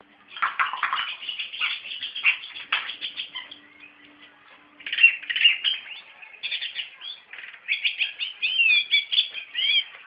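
Bird chattering with warbled and twittering notes in uneven bursts, separated by a quieter stretch.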